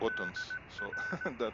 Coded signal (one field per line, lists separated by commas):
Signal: Morse code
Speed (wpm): 17 wpm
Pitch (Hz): 1500 Hz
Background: speech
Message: DR